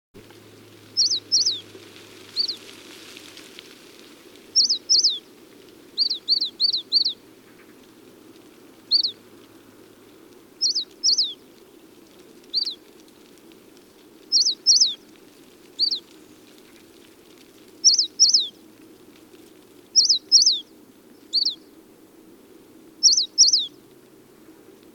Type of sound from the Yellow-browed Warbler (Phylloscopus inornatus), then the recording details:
song. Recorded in the wild. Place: Chudjirt, MN. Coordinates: 47.013, 102.255. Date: 1979-06-07 19:12. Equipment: Nagra III BH, Sennheiser MD 21, parabola. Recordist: Schubert, Michael